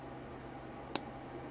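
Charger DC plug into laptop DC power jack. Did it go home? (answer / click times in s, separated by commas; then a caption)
yes / 1.0 s. A charger's DC plug is pushed into the DC power jack of a Samsung 900X laptop (NP900X3A / 940X NP940X3G). One sharp click is heard at 0.9 s over a steady low hum, and the plug is seated.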